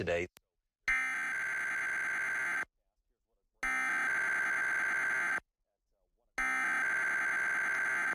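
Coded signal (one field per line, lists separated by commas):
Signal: Emergency Alert System (SAME) tones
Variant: header bursts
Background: speech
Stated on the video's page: Required Monthly Test recorded from a San Francisco TV station, taken from an archive upload.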